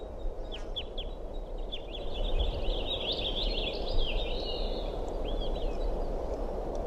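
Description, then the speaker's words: Crossbill calls, a run of short chirping notes and quick chattering phrases, high-pitched, over steady low background rumble. Heard calling down the hill among ponderosa pines; possibly begging or copulation calls. "think I hear either begging or copulation calls from over here."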